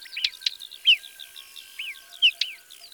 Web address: Tarier des pres. album abc-de-la-nature